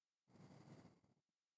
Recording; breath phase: one breath near a microphone; exhalation